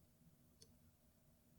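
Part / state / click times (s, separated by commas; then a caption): outer pin in a dimple lock cylinder / not seated / none. The outer pin of position one in a dimple lock cylinder is being handled during picking, over a steady low-frequency background hum. A brief, faint high-pitched tick stands out near 0.6 s, but nothing has seated or clicked yet.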